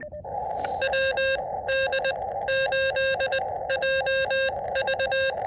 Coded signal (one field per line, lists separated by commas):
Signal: Morse code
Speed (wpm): 19 wpm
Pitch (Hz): 530 Hz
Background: radio noise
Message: WD8JV